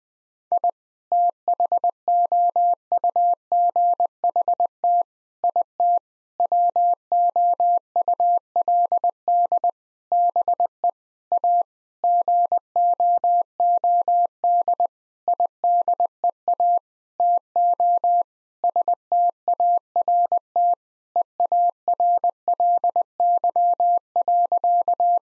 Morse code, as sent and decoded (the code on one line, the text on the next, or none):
.. / - .... --- ..- --. .... - / .. - / .-- --- ..- .-.. -.. / -... . / .- / --. --- --- -.. / .. -.. . .- / - --- / ... - .- .-. - / . .- .-. .-.. -.-- .-.-.-
I THOUGHT IT WOULD BE A GOOD IDEA TO START EARLY.